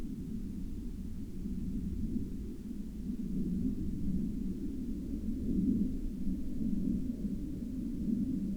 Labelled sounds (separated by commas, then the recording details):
aircraft
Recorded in the Arctic National Wildlife Refuge, Alaska, on 8 May 2019 at 23:06
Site 37